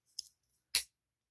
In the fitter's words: and it locks in place right here see where it says press right there